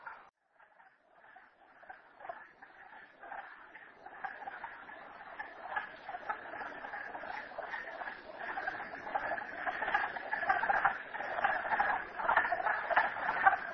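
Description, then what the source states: Frogs calling, starting with a few scattered croaks that build into a louder, dense chorus of overlapping clucking calls. Recorded at Merryspring.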